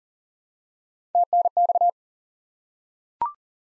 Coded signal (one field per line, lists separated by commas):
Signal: Morse code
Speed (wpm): 40 wpm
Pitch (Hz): 700 Hz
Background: none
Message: TNX